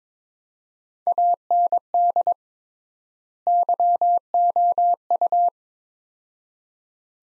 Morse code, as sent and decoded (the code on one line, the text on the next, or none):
.- -. -.. / -.-- --- ..-
AND YOU